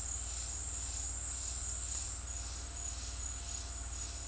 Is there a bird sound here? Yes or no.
no